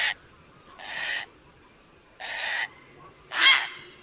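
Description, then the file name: Great blue heron giving harsh, rasping squawks, four broad grating calls each about half a second or shorter, spaced by silences of up to a second. "Canto do garca azul grande"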